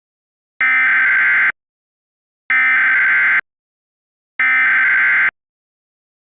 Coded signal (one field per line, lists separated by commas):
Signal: Emergency Alert System (SAME) tones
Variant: header bursts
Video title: EAS Scenario 3: Sarah's Rampage